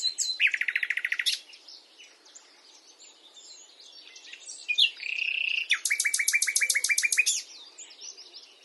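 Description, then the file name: Common nightingale song: a rapid rattling train of identical notes, a quieter warbling pause, then a loud buzzy note and another fast repeated-note burst. "Luscinia megarhynchos"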